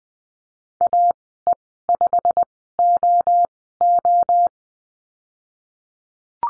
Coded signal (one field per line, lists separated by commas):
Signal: Morse code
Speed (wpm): 20 wpm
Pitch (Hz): 700 Hz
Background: none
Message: AE5OO